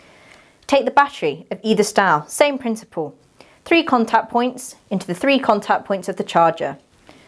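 A rechargeable Li-Ion clipper battery pack is lined up on the three contact points of its charger base while someone talks throughout. It has not been pushed down into the charger; nothing has seated or clicked yet, and the red charging light has not come on.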